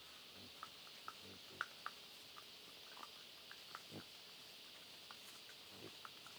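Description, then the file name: Wild boar crunching food in rapid irregular clicks with soft low grunts, a constant high insect hum behind. Family group of wild boar feeding on acorns, Huairou District, 11 August 2022, 07:13. "2022-08-11-0713-Wild-Boar-family-feeding-on-acorns-Huairou-District"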